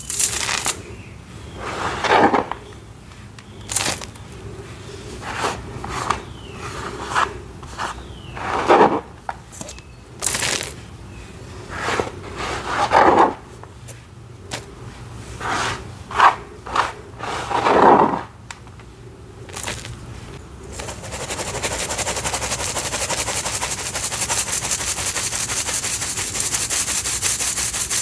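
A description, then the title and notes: Dyed gym chalk is crushed, each press a short, crisp crunch that crackles and crumbles, coming irregularly every second or two for about twenty seconds. After that the crunching stops and a steady, soft hiss fills the rest. Black Dyed Chalk Crush. ASMR Satisfying Soft Flaky Crunchy Dyed Gym Chalk Crushing.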